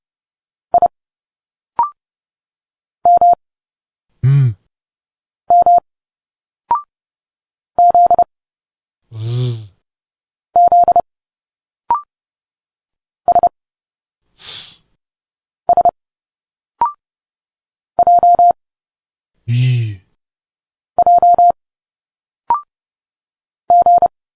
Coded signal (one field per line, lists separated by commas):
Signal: Morse code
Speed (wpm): 30 wpm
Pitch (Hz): 700 Hz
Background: none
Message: I M M Z Z S S J J G